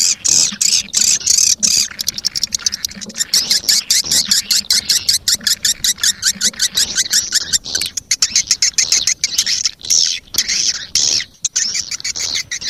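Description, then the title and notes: Swiftlet calls: many high twittering chirps in quick irregular bursts. Sound used in swiftlet farming in Asia. "Swiflet Bird Sound. Farming Swiflet Bird asia sound"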